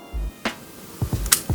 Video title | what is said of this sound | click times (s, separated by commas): Wireless Mic Mishap | probably like a click or something. Hear a click. There you go. | 1.3 s